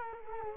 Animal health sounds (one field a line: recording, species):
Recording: mosquito wingbeat signal from an infrared sensor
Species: Culex quinquefasciatus